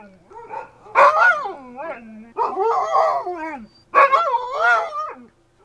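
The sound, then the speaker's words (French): Dogs at a house bark and yelp at nightfall in three loud, drawn-out bursts, each with wavering, whine-like pitch, separated by short quieter gaps. “Quand j'arrivais à la maison, il faisait presque nuit, on avait fermé les portes, et les chiens se mirent à aboyer.”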